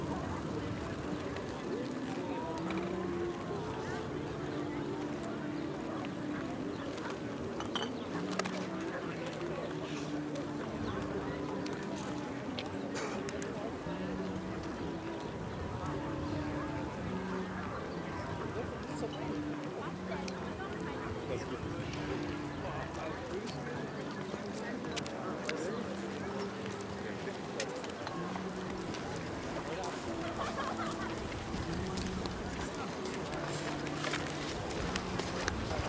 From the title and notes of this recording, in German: Diese Folge wurde auf der Tempelhofer Freiheit in Berlin aufgenommen. Hunderte Menschen gehen ihren Beschäftigungen nach. Vorbeiziehende spazierende Menschen geben kurze Gesprächsfetzen.